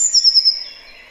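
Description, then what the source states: Eurasian Blue Tit song fragment: a high, thin note sliding slightly downward, with a few quick pulses at the start, then fading out. Played as a recording; song described as a typical spring sound, ceasing in summer, with more variation than first apparent.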